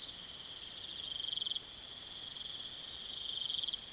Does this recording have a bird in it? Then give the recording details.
no. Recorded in pastures near Puerto Asís, Putumayo, Colombia, on 23 June 2025 at 02:30. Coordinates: 0.486, -76.323. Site H29